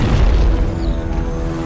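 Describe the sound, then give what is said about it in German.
Deep, rumbling booms of cannon fire from three large Spanish warships firing on pirates in the Bay of Maracaibo on 1 May 1669 roll on continuously, a heavy low-frequency thunder with no clear gaps between blasts and no voices. “als plötzlich, wie aus dem Nichts, hinter ihm drei gewaltige spanische Kriegsschiffe auftauchen, die sofort das Kanonenfeuer gegen die verhassten Piraten eröffnen.”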